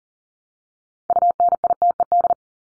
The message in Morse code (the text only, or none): UNITED